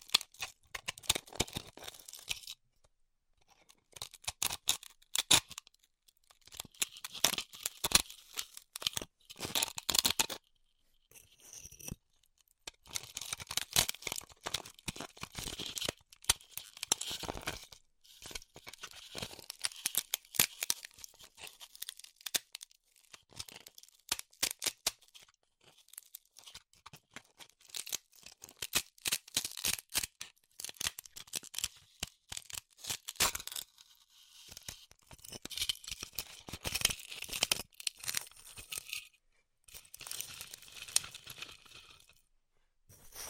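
Styrofoam being heat cut, heard as bursts of dense, bright crackling and squeaky tearing that run a second or two at a time. Short silent gaps separate the bursts, with the busiest stretches around 5–10, 19–23 and 35–40 seconds.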